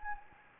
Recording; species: mosquito wingbeat signal from an infrared sensor; Anopheles gambiae